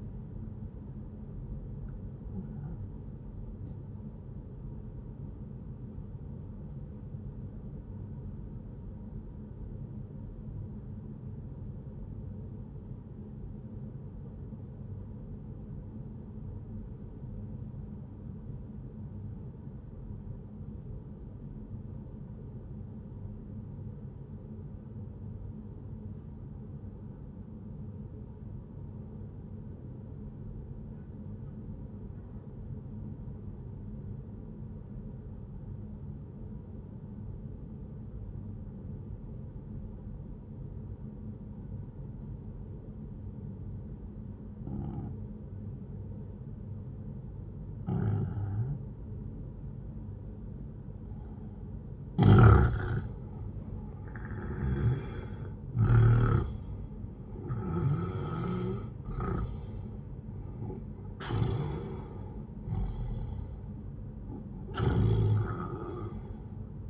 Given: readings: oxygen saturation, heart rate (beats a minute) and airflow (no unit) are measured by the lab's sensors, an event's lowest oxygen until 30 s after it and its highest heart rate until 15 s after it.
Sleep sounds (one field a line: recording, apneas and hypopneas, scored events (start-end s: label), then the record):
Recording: breathing in sleep by a smartphone at the bedside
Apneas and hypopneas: 1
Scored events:
3.00-33.00 s: new sleep stage, N1 (lightest sleep)
5.00-53.00 s: obstructive apnea (N1, oxygen 98% highest, then 90% lowest, heart rate 71 at the start, 80 highest)
33.00-63.00 s: new sleep stage, N2 (light sleep)
63.00-66.90 s: new sleep stage, N1 (lightest sleep)
From the record:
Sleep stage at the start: N2 (light sleep)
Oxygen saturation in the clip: 90 to 98%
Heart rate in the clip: 62 to 80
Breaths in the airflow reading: 5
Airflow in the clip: -9.8 to 13.6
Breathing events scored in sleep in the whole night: 131 in 7.2 hours asleep